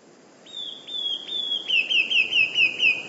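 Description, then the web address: Eurasian blue tit song: three high thin drawn-out notes followed by a quick falling trill of about six short notes, over faint background hiss. "wroblowe teka 2 spiew. modraszkoteka"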